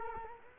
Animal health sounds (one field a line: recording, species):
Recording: mosquito wingbeat signal from an infrared sensor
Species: Culex quinquefasciatus